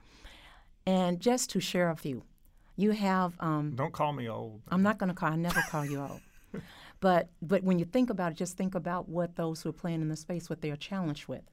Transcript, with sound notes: And just to share a few, you have—
Don't call me old [laughter].
I'm not going to call you...I'll never call you old. [laughter] But when you think about it, just think about what those who are playing in this space, what they are challenged with.